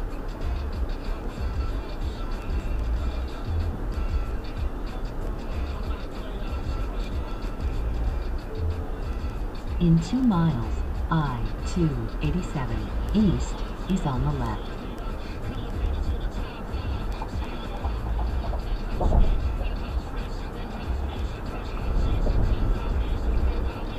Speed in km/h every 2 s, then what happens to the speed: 87, 84, 84, 82, 82, 84, 85, 84, 84, 84, 85, 84.
0-24 steady at about 84.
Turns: none.